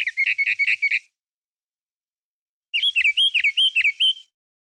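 Bird giving two fast runs of high, slurred chirps, the first about a second long and the second about a second and a half, with a silent gap between them.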